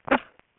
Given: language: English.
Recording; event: throat vibration sensor signal played as sound; cough